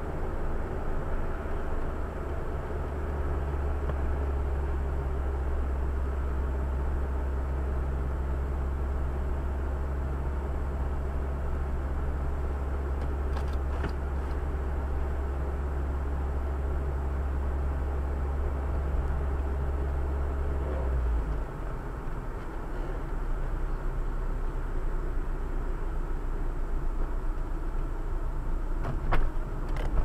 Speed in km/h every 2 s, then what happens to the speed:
45, 43, 40, 40, 40, 41, 41, 41, 41, 41, 41, 40, 38, 34, 32.
0-20 steady at about 41. 20-30 slows to 32.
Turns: none.